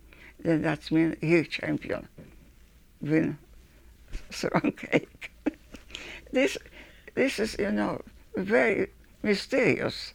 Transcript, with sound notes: Then that's when he's champion. Win. Strong egg. [Chuckles] This is, you know, very mysterious,